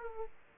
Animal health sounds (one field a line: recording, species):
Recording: mosquito wingbeat signal from an infrared sensor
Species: Aedes aegypti